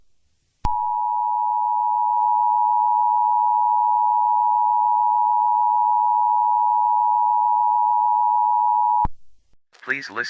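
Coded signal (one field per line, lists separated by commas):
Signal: Emergency Alert System (SAME) tones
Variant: 853 and 960 Hz attention tone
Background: speech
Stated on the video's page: Fictional EAS scenario.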